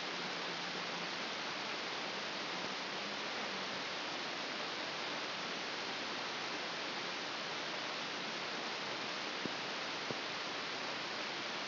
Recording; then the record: brain microelectrode recording played as sound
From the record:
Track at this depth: inside the subthalamic nucleus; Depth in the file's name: 2.733 mm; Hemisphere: left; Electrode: 2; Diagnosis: Parkinson's disease